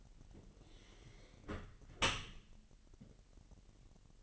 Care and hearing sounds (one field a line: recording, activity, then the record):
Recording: daily activity, microphone in the room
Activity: close dishwasher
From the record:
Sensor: 4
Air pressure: 1001.4 hPa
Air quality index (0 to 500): 249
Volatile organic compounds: 43 ppm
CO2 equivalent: 3195 ppm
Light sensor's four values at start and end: 8/17/7/6 and 8/18/7/6